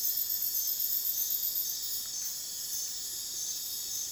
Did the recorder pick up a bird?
no